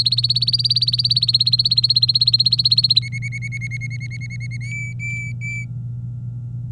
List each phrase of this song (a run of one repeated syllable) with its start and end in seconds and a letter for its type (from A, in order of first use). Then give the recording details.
0.00-2.99 A, 3.02-4.57 B, 4.61-5.64 C. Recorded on 23 April 2018 at 14:18. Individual llb3